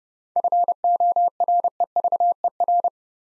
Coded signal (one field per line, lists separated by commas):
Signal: Morse code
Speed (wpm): 30 wpm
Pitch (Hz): 700 Hz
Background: none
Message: FOREVER